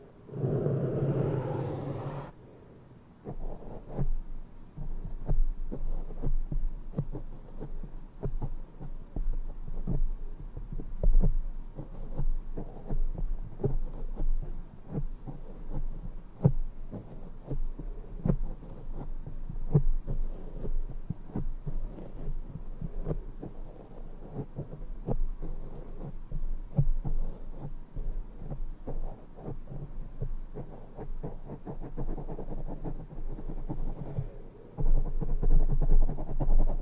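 A brush sweeps over a microphone in dense, rapid strokes, producing a soft, low scratchy rustle with a thumping undertone. The brushing runs almost continuously after a loud muffled rumble in the first two seconds, swelling heavier again near the end.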